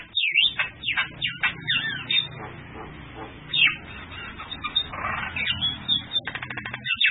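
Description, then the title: Bird song, a rapid run of sharp chirps and trilled phrases sweeping between high notes, busy and varied, over a low steady background hum. "Burung Masteran"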